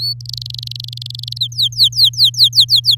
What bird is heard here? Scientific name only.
Serinus canaria